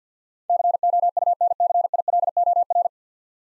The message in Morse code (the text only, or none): COUNCILOR